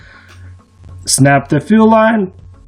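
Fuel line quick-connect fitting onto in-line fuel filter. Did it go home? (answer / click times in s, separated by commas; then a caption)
no / none. The fuel line quick-connect fitting is being handled at the new in-line fuel filter on a Ford F250/F350 gasoline truck with the Triton 5.4L V8 or 6.8L V10. Someone talks over music, with faint soft taps near 0.6 and 0.9 seconds. Nothing has seated or clicked yet.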